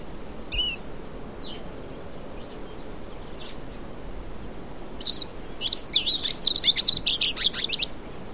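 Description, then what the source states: Yellow-bellied siskin giving a few thin high calls, then a fast, buzzy twittering burst of chirps and trills over a steady background hiss. South America.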